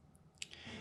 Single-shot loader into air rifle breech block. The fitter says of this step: it is very simple and straightforward by just sliding it into your bridge block until it clicks holding